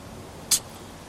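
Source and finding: Peregrine falcon. Sneeze.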